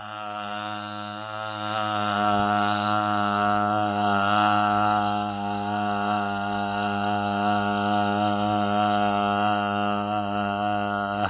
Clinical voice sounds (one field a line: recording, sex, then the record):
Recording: sustained vowel /a/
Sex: male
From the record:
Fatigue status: fatigue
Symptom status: symptomatic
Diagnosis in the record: COVID-19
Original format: 3gp